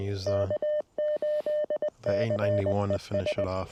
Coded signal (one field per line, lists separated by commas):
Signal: Morse code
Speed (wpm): 20 wpm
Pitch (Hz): 600 Hz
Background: speech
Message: K8CES